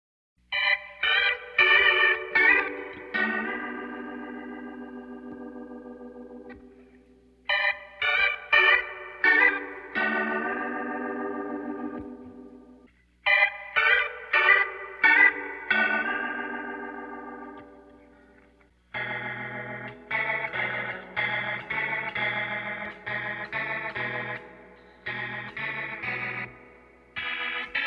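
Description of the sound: A bright, chime-like run of quick notes plays three times, each ending in a long fading tone. It is followed by a different, choppier pattern of repeated electronic tones. These are neonatal ventilator alert tones in two modes.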